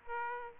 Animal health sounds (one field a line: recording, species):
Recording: mosquito wingbeat signal from an infrared sensor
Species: Aedes aegypti